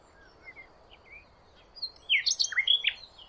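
Bird calls, a few thin, soft chirps early on, then a cluster of louder, sharp, varied notes near the end, over faint background hiss.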